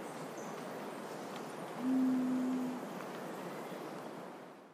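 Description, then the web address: Long-wattled umbrellabird giving a single deep, steady hum lasting about a second, set against constant background hiss. "Long wattled umbrellabird. پرنده-چتر-مرغ-غبغب-دراز"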